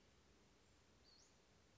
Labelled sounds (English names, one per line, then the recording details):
Western Flycatcher
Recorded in Sonoma County, California